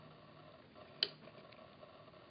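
An ink cartridge is pressed down again into the cartridge slot of an Epson PictureMate PM 400 Wireless photo printer after the printer reported it was installed incorrectly. A few faint ticks lead to a sharp, loud click at 1.0 s, with a softer tap near the end. The cartridge is now seated.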